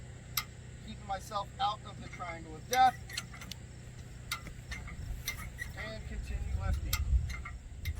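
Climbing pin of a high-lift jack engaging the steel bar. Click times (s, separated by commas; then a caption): 0.4 s. The steel handle of a high-lift jack is worked until the second ratchet click at 0.4 s, when the climbing pin seats into the second notch and engages the steel bar under load. Further sharp clicks and clanks follow while someone talks, and the handle is then lifted out of its swing path.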